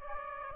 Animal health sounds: mosquito wingbeat signal from an infrared sensor; Aedes aegypti

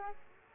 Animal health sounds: mosquito wingbeat signal from an infrared sensor; Aedes aegypti

